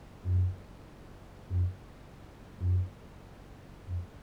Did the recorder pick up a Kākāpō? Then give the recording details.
yes. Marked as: faintness 2/5. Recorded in New Zealand. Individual Barnard